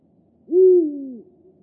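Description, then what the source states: Eurasian eagle-owl giving a single deep hoot, a short rise then a steady falling tone lasting under a second, over quiet low background hiss. Spring 2024, week 20.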